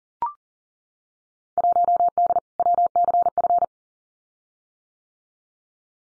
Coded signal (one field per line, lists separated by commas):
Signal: Morse code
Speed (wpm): 42 wpm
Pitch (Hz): 700 Hz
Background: none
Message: 1D WCF